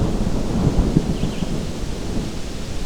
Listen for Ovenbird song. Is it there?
no